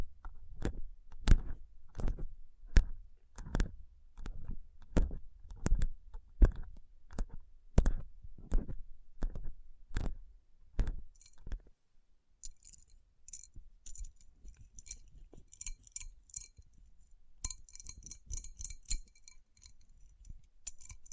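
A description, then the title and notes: Fingers tap on rhinestone-covered palms in a steady rhythm of sharp, glassy clicks, about two per second, for the first twelve seconds. Then the tapping stops and soft rubbing takes over, with faint, bright crackles and tiny clinks scattered through the rest. Tapping & Rubbing Rhinestone Covered Palms.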